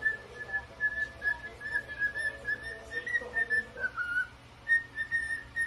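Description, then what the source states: Cockatiel giving a string of steady, even whistled notes over a noisy, hissing background, with one dipping note near the end. Cockatiels singing and whistling, more than one bird.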